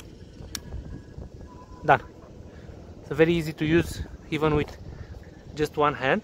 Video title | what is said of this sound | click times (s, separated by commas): Mechanical LOCK in public spaces - Xiaomi M365 / Xiaomi M365 Pro | place and just rotate until you hear a small click done | 0.6 s